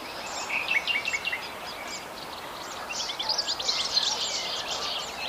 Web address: Jilguero europeo